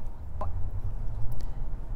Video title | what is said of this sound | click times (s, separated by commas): How to make a box knot leather bracelet - DIY Tutorial | it up nice and tight so I jiggle until it kind of clicks right in there now | 0.4 s